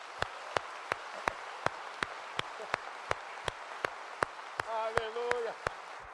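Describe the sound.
Audience applause for two siblings, aged 90 and 80, who are to be baptized that day: steady unison with sharp claps landing about three times a second over a constant crowd hiss, and a short raised voice calling out near the end.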